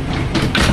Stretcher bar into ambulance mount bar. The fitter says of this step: in, pull back. It locked, secure.